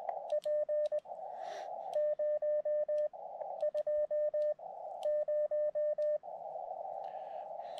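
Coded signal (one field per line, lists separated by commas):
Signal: Morse code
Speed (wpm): 20 wpm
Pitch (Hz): 590 Hz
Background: radio noise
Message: P 0 2 0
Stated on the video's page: Summit activation using a 10 W radio.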